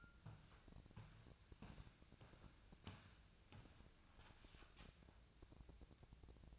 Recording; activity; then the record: daily activity, microphone in the room; walk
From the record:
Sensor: 2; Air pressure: 1012.0 hPa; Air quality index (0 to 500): 172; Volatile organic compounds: 2 ppm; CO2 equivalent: 1256 ppm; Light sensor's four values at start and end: 46/120/51/57 and 45/120/51/57